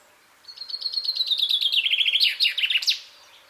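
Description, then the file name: Common chaffinch song: a single phrase of rapid, bright repeated notes that drops in pitch, ending in a short, emphatic flourish. "Fringilla coelebs"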